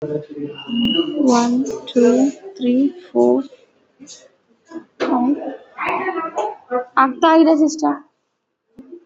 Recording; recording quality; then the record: counting at a normal pace; poor, much background noise or distortion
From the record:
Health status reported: COVID-19 positive, mild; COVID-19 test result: positive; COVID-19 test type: RT-PCR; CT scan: not taken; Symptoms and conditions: cough, cold, fever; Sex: female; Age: 26 years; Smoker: no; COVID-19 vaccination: both doses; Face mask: worn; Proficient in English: yes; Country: India